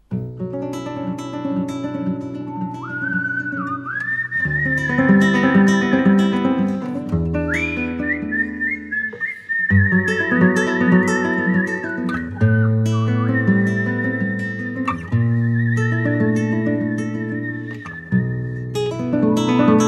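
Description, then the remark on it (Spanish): A person whistles a slow, sustained melody with gliding pitch changes and gentle vibrato, carried over a steady instrumental accompaniment of low chords. No one speaks. “Es un sonido penetrante. Es un llamado de atención que queda suspendido en el aire.”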